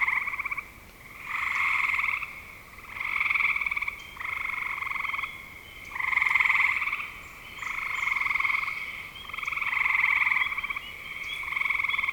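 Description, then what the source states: Frogs giving rattling trills in distinct bursts about a second long, with short quieter gaps between them, repeated steadily. Recorded in spring 2025.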